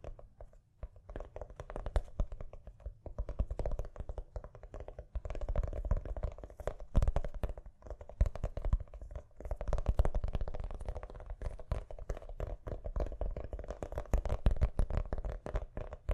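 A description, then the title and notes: Gentle tapping goes on for the whole stretch, a dense, fast run of soft, clicky hits with little pause, easing briefly around five seconds. A faint steady hum and a low rumble sit underneath the taps throughout. ASMR Gently Tapping You to Sleep (No Talking).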